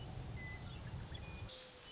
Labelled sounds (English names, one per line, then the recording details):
Western Meadowlark
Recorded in Sonoma County, California